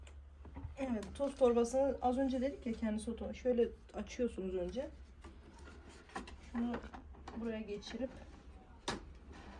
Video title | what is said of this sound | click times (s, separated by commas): Roborock S8 Pro Ultra Kullanımı | tık sesi geliyor sonra tekrar Bun itiyorsun Ondan sonra şunu | 8.9 s